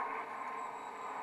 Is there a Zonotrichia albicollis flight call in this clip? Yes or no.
no